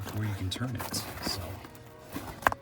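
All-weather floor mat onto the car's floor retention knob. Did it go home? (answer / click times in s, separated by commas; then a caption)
yes / 2.5 s. Someone talks while lining up the holes in a 3D Maxpider all-weather floor mat over the car's floor retention knob and pressing it down. A sharp click sounds at 2.5 s as the mat seats onto the retention knob, after which it is turned.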